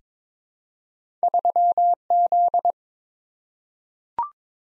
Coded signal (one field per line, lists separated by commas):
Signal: Morse code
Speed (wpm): 22 wpm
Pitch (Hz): 700 Hz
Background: none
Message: 3Z